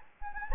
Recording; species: mosquito wingbeat signal from an infrared sensor; Anopheles gambiae